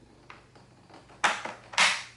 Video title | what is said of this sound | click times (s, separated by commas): Karcher K7 Any Good? Full Control Pressure Washer Assembly and First Use | you got the click | 0.3 s